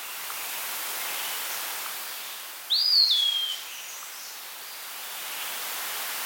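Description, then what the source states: Eastern Wood-Pewee giving one sweet slurred whistle, an upward swoop followed by a drop and a short level tail, against a quiet hissy outdoor background. Recorded at Carden Alvar in August 2026.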